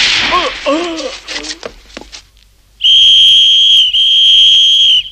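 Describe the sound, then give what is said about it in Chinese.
A piercing, steady whistle blast, Captain Bischoff's signal to German soldiers hidden in a mosque bell tower in Sarajevo, holds for about two seconds with one brief break, following a short burst of scratchy, wavering noises and a moment of near silence. “埋伏在清真寺钟楼上的德国兵一听比肖夫上尉的口哨声，立刻用机枪向谢德扫射。”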